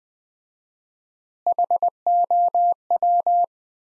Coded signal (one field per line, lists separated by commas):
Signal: Morse code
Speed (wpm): 21 wpm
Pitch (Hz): 700 Hz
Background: none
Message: HOW